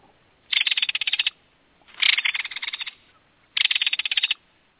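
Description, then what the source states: Kingfisher rattling call: three bursts of rapid, dry, evenly pulsed notes, separated by short pauses. Played-back recording.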